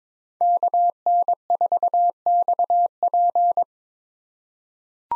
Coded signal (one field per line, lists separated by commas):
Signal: Morse code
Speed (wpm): 22 wpm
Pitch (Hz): 700 Hz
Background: none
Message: KN4XP